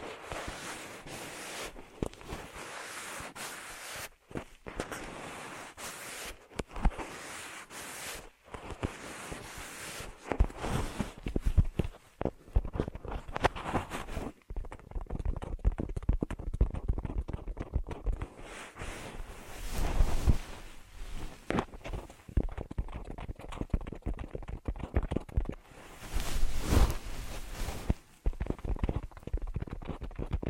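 Ear massage triggers make dense, irregular rubbing and scratching with sharp bursts and brief pauses, occasionally bright and crackling, throughout.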